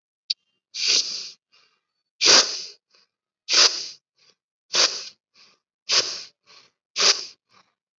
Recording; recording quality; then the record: shallow breathing; excellent, no background noise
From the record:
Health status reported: COVID-19 positive, mild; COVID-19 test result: positive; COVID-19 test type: rapid antigen test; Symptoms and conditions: cold, fever, diabetes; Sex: female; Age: 39 years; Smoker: no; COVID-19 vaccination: both doses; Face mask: worn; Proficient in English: yes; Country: India